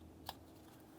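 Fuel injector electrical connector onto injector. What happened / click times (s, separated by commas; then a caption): Connector handled, not yet seated; one sharp tick could be mistaken for a lock / none. A plastic electrical connector is being pushed, lock facing down, onto the rear driver-side fuel injector of a 2004-2015 Nissan Titan. A single brief, sharp handling tap sounds at about 0.3 s over a quiet, steady background. The connector has not seated or clicked yet.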